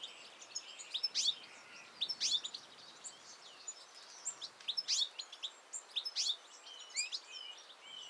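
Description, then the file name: European goldfinch calls: bursts of high, twittering chirps in short, irregular clusters, with faint background hiss between them. "Carduelis carduelis"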